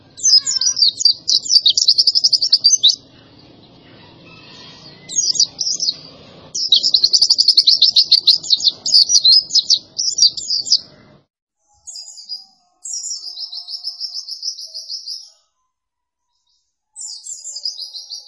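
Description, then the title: White-eye song of repeated high trilled bursts separated by pauses; background noise drops away in the later part. Pleci (white-eye) singing in gacor style, used for training cage birds. "Pleci Gacor. Masteran Burung PLECI"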